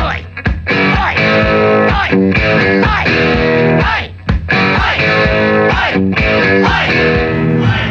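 A loud hard rock song driven by crunchy, distorted electric guitar chords over a pounding beat, with a few brief stabs and pauses breaking the steady rhythm.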